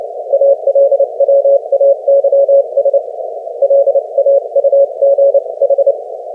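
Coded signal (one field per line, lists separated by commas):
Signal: Morse code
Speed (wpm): 29 wpm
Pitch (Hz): 550 Hz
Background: none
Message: ALWAYS LAUGH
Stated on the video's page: Morse QSO at 30 wpm between two amateur operators, a fast code-buddy contact practising sending and copying.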